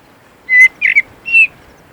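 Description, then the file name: Common blackbird gives a few quick, sharp notes in close succession over a quiet background. "Turdus merula"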